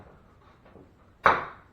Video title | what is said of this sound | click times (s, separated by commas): GARVEE Drywall Sander Review & Demo - Easy Drywall Sanding for DIY Repairs | Alright, locks into place. | 1.3 s